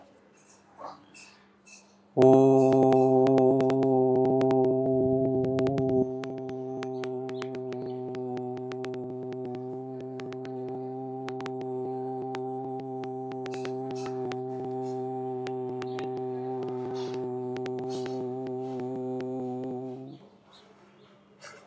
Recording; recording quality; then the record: sustained vowel as in boot; moderate, slight background noise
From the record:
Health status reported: respiratory illness, not identified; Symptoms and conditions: cough, asthma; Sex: male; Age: 22 years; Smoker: yes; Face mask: not worn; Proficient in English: yes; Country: India